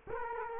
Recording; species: mosquito wingbeat signal from an infrared sensor; Culex quinquefasciatus